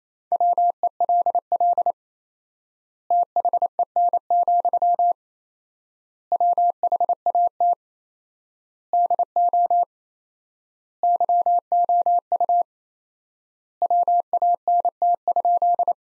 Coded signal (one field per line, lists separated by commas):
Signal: Morse code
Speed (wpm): 27 wpm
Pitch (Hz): 700 Hz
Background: none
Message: WELL THEN, WHAT DO YOU WANT?